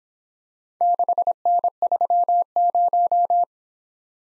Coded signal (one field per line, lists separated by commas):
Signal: Morse code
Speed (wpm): 25 wpm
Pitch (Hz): 700 Hz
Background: none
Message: 6N30